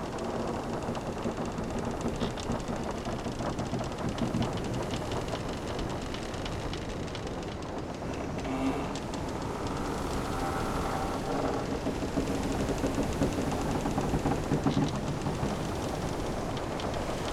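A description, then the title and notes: A stranded ship on the beach rumbles and groans steadily, with brief higher creaks near eight and ten seconds over a dense, low roar. Creaky Stranded Ship on the Beach. The creaks of the stranded ship on the beach play in the background.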